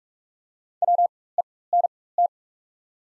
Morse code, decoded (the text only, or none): WENT